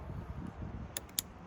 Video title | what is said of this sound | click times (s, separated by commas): BougeRV Yuma 200 Flexible Solar Panels - Removable WHY ??? (Sailing Brick House #93) | de cette façon, en roulant de cette façon, cliquez et nous sommes | 1.2 s